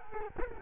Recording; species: mosquito wingbeat signal from an infrared sensor; Culex quinquefasciatus